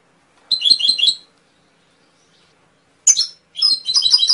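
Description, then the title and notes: Canary singing a burst of rapid trilled high notes, a pause of about two seconds, then two more bursts, the last cut off. Masteran recording of canary song, used for training songbirds to sing. "PANCINGAN SUARA MASTERAN KENARI BIKIN BURUNG MAKIN MENGGILA. masteran kicau kenari"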